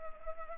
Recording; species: mosquito wingbeat signal from an infrared sensor; Culex pipiens